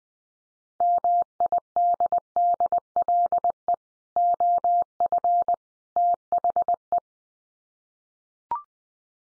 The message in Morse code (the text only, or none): MIDDLE OF THE